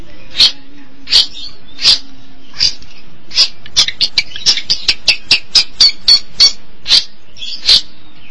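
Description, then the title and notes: Long-tailed Shrike harsh calls: scratchy chack notes, spaced at first, then quickening into a rapid series before slowing again. "Suara burung pentet"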